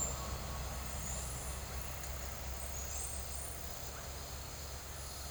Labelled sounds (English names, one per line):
none